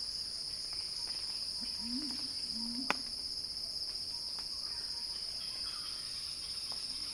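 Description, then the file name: Cicadas keep up a constant high-pitched drone while low wavering calls sound twice near the start and a sharp click cuts in briefly. Cicada recording titled Cicada Crescendo, by Axel Drioli for Earth.fm. "earth-fm Axel-Drioli Cicada-Crescendo-Sounding-Wild"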